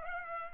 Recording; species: mosquito wingbeat signal from an infrared sensor; Culex pipiens